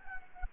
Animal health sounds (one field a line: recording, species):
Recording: mosquito wingbeat signal from an infrared sensor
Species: Anopheles gambiae